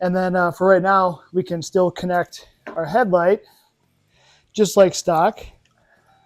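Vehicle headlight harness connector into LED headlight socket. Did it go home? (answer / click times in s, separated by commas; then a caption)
no / none. A wiring harness plug is handled at the back of an aftermarket LED headlight on a 2018+ Jeep Wrangler JL / Gladiator JT, a plastic connector meant to go into a plastic socket, while someone talks. Two faint, brief ticks are heard near the end at about 5.7 and 5.8 seconds. The connector has not seated or clicked yet.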